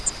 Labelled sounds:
Grace's Warbler flight call

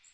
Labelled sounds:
Magnolia Warbler flight call

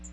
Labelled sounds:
Magnolia Warbler flight call

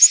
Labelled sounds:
Yellow-rumped Warbler flight call

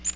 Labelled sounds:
Magnolia Warbler flight call

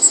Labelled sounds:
Black-and-white Warbler flight call

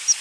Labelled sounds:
Palm Warbler flight call

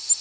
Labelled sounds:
Tennessee Warbler flight call

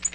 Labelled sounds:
Tennessee Warbler flight call

